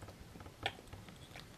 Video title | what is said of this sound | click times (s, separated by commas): A Reese Lockout from Rickwales | Dope. I heard it click back. | 0.7 s